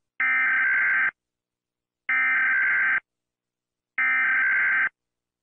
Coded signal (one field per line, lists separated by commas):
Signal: Emergency Alert System (SAME) tones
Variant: header bursts